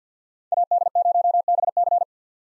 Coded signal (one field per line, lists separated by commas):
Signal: Morse code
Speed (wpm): 50 wpm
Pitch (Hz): 700 Hz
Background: none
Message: AD0BC